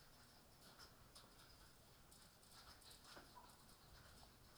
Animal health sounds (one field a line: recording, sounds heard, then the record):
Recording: poultry house recording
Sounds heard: healthy chickens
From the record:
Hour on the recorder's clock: 18